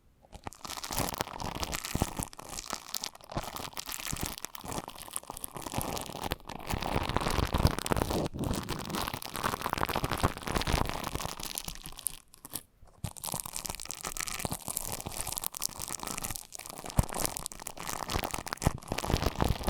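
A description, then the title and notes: An eardrum massage of dense, continuous crinkling and crunching rubs with rapid scratchy textures, pausing briefly around twelve seconds before resuming. ASMR Intimate Eardrum Massage.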